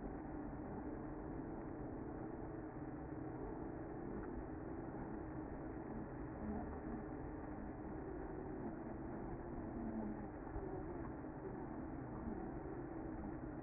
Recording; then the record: honeybee colony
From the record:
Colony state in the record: active